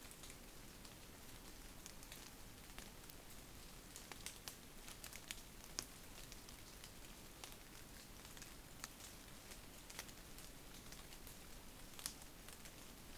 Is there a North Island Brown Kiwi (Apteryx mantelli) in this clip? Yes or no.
no